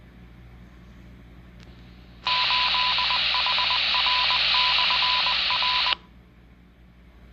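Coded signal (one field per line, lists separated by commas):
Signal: Morse code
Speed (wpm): 20 wpm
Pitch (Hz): 1000 Hz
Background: none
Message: 8HR/R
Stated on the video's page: Received on a Whistler TRX-1.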